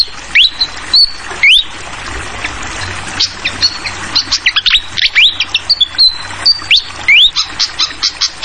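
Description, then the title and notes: Fantail song: sharp rising whistles and short high chirps in quick bursts over a steady hiss of trickling water. Tutoring recording (masteran) for training songbirds, featuring a clear-voiced fantail flycatcher mixed with the sound of flowing water. "Masteran Sikatan Kipas Suara Jernih Dan Suara Gemericik Air. Suara Burung Sikatan Londo"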